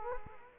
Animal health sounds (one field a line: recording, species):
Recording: mosquito wingbeat signal from an infrared sensor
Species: Culex quinquefasciatus